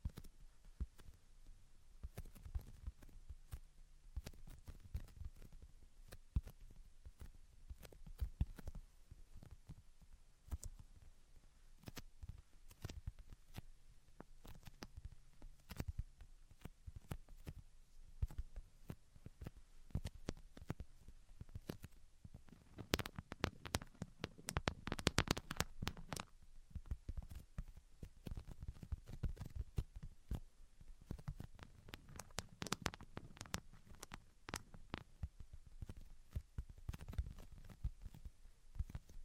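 Tapping, scratching and tracing sounds: dense, irregular clicks and short scrapes run throughout, with soft low rubbing underneath. The activity grows busier and sharper around the middle, especially near 23 to 27 seconds and again around 30 to 34 seconds, before easing slightly.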